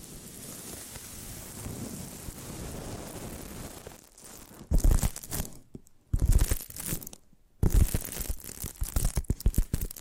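Tapping triggers open as a steady, soft, crinkly patter with a low rumble beneath. Just before five seconds, louder bursts of rapid, dense tapping and scratching begin. They break off into brief silences around six and seven seconds, then resume with quick, sharp clicks.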